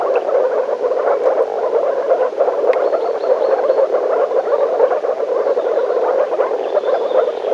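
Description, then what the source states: Frogs in a thick, unbroken croaking chorus, with occasional short high notes over the top. Frogs in a forest.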